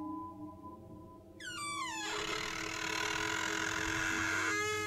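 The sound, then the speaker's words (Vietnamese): A long, eerie creak of a house door opening on its own in the night: a high, wavering squeal that glides downward, then spreads into a sustained grinding groan over a low steady hum, with no talking. “Có tiếng cánh cửa rít lên kẽo ca kẽo kẹt trong đêm, nghe đến rợn cả người”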